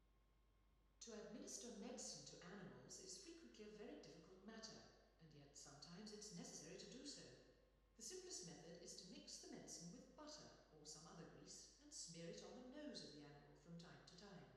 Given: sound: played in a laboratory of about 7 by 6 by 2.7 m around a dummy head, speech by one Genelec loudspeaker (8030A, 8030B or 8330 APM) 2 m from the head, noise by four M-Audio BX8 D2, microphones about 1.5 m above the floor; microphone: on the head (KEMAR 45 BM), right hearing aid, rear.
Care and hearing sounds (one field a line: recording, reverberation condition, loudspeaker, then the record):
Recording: female speech in English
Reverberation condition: high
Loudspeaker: 30 degrees to the right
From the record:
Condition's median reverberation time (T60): about 1300 ms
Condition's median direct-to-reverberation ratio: about -4.0 dB